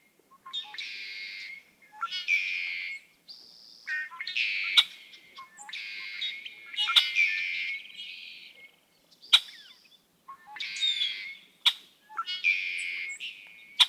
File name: Red-winged Blackbird